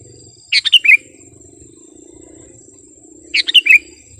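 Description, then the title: Sooty-headed bulbul sings two brisk phrases of four tumbling notes, about three seconds apart, over a low steady hum. "kutilang"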